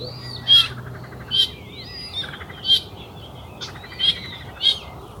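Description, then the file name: Eurasian coot calls: six short, sharp, explosive notes at uneven intervals, with thin whistled sounds between them. "Lyska"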